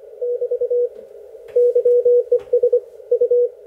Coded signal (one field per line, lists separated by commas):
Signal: Morse code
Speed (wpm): 25 wpm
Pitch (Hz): 530 Hz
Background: none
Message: <BT> YES U